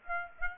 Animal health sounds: mosquito wingbeat signal from an infrared sensor; Aedes aegypti

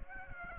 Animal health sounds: mosquito wingbeat signal from an infrared sensor; Aedes aegypti

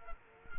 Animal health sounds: mosquito wingbeat signal from an infrared sensor; Culex quinquefasciatus

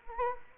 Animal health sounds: mosquito wingbeat signal from an infrared sensor; Anopheles gambiae

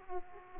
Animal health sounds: mosquito wingbeat signal from an infrared sensor; Aedes aegypti

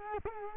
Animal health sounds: mosquito wingbeat signal from an infrared sensor; Culex quinquefasciatus

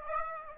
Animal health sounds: mosquito wingbeat signal from an infrared sensor; Aedes aegypti

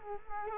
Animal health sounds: mosquito wingbeat signal from an infrared sensor; Culex quinquefasciatus

